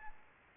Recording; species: mosquito wingbeat signal from an infrared sensor; Aedes albopictus